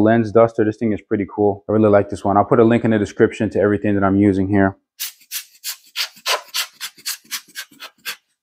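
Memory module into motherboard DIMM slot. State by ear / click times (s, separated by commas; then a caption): not seated / none. Someone talks for the first few seconds, then a series of short rubbing bursts follows as a motherboard DIMM slot is dusted out and a memory module is lined up with it. The module has not been pushed in, and nothing has clicked or seated yet.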